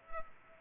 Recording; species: mosquito wingbeat signal from an infrared sensor; Culex pipiens